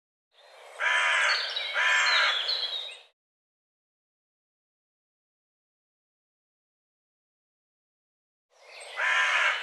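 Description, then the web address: Bird calls, two harsh raspy notes in quick succession, a long silence, then another rough note at the end. "cianscape birddata Deverinetal"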